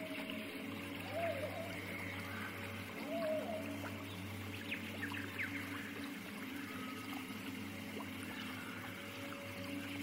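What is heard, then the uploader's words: An alien forest ambience built on a steady low drone with a constant hum underneath. Short warbling, whale-like calls rise and fall around the first and third seconds, and faint chirps and brief tones flicker through the middle without the level ever changing much. Alien forest ASMR ambience. Sci-fi drone ambience.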